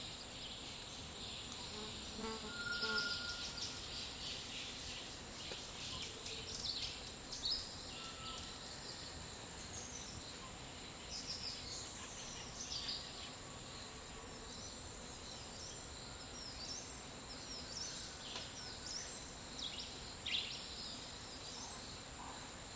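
A dry forest around midday carries a steady, dense hiss of insects, with a high whine holding constant throughout. Short bird chirps and calls break through every few seconds, a brief whistled note near three seconds, over a low, even rumble underneath.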